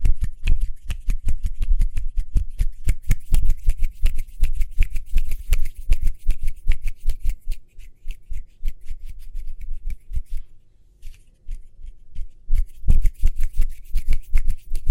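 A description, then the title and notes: Fast hand sounds: rapid snips and taps in a dense, quick run, each with a sharp bright edge and a low thump. The pace stays busy through the first half, thins and quiets briefly around eleven seconds, then picks back up toward the end. ASMR Speedy Hand Sounds (No Talking).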